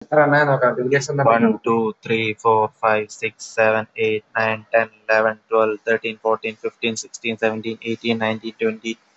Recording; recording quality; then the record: counting at a normal pace; moderate, slight background noise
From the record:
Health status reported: COVID-19 positive, mild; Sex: male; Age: 22 years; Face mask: not worn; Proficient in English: yes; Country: India